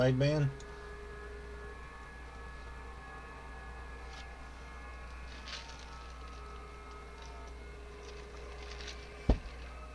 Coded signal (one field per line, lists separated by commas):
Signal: FT8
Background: speech